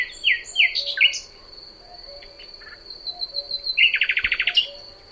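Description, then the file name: Common nightingale song opening with several sharp downslurred notes, a brief pause, then a rapid rattle of repeated pulses, with a steady high insect tone throughout. "Luscinia megarhynchos"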